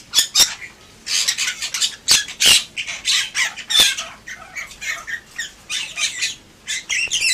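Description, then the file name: Bali myna song: a rapid jumble of harsh squawks, clicks and scratchy chatter in irregular bursts throughout. "suara jalak bali"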